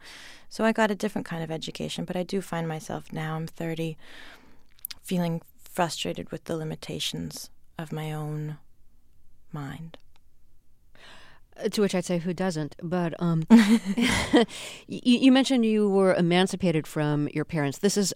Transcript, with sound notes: So I got a different kind of education, but I do find myself - now I'm 30 - feeling frustrated with the limitations of my own mind.
To which I'd say who doesn't.
(SOUNDBITE OF LAUGHTER)
But you mentioned you were emancipated from your parents.